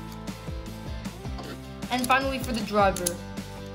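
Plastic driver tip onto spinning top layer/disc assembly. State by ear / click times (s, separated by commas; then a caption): not seated / none. A plastic driver tip is handled near the assembled layer and disc of a spinning battle top while music plays in the background and someone talks. Nothing has seated or clicked yet.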